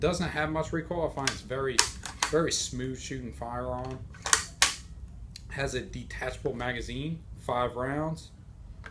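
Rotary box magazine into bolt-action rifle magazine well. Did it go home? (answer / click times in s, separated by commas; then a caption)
no / none. Someone talks while handling a detachable 5-round rotary box magazine at the magazine well of a Ruger American 300BLK bolt-action rifle, with brief sharp handling sounds around 4.3 s and 4.6 s. The magazine has not seated or clicked into the rifle yet.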